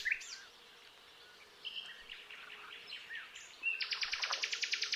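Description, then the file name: Common nightingale song with scratchy and whistled notes, ending in a loud rapid series of repeated sharp notes. "Luscinia megarhynchos"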